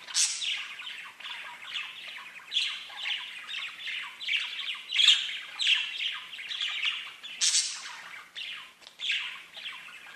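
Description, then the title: Budgerigar chatter, long run of buzzy warbled chirps and squawks with sharp high screeches, continuous throughout. "Budgie Sounds"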